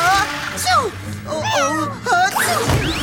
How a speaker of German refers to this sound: Chase nieste so doll, dass er einen Schritt rückwärts machte und dabei die Laserstrahlen berührte.